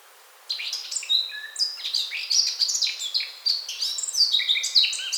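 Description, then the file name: Eurasian blackcap song begins after a short silence, an energetic, scratchy warble mixing high chirps and clearer whistled notes. "Sylvia atricapilla"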